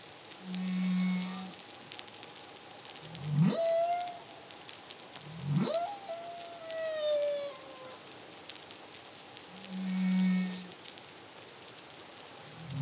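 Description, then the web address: Humpback whale singing: paired low steady moans framing rising whoops, one gliding down slowly after its peak, over faint crackling noise. Humpback whale song, Caribbean, 2023. "CARIMAM humpback whale song"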